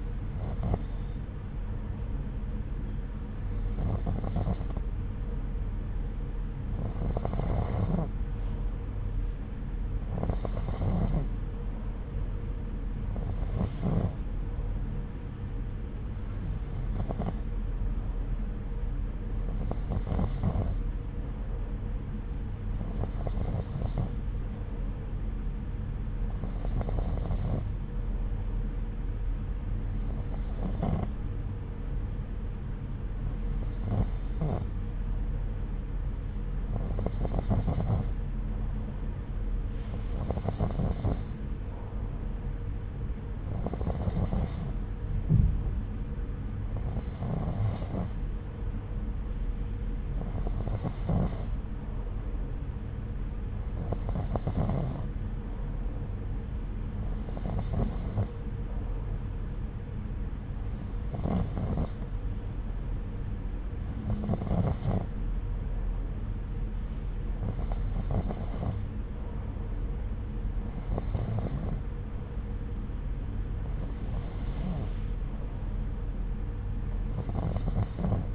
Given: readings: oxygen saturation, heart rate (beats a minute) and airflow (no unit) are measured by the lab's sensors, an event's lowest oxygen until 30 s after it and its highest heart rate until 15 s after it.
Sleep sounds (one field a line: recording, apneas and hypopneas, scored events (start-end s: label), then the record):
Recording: breathing in sleep by a smartphone at the bedside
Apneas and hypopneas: 1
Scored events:
14.00-38.00 s: hypopnea (N1, oxygen 93% highest, then 90% lowest)
24.00-78.35 s: new sleep stage, N2 (light sleep)
From the record:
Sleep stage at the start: N1 (lightest sleep)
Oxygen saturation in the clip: 90 to 93%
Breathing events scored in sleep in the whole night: 303 in 8.1 hours asleep